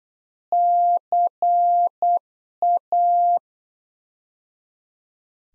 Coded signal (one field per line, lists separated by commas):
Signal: Morse code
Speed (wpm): 8 wpm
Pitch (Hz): 700 Hz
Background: none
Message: CA